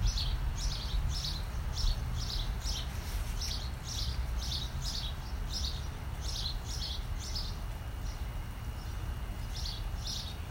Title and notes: 30/4/20, 11:30, Los Ángeles, CA. Estaba leyendo afuera en mi patio, disfrutando de los sonidos de los pájaros en los árboles.